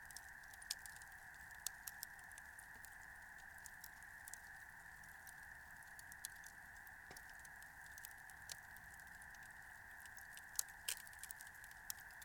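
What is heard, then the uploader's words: A late-night campfire gives sparse, sharp crackles and pops over a steady, even insect chorus in a cool summer night outdoors. Late Night Campfire At Medicine Lake. This was recorded on a clear and cool summer night in the Hemlock Campground at Medicine Lake in Modoc National Forest, Siskiyou County, California. I was the only person there.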